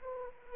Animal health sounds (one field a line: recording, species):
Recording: mosquito wingbeat signal from an infrared sensor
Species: Anopheles arabiensis